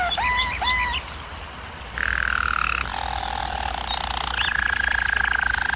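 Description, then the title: German Roller canary with a few quick rising notes, a short pause, then continuous rolled trills that step between pitches, over a low hum. Singing used for canary training. "German Roller Canary Singing - Canary Training Vid"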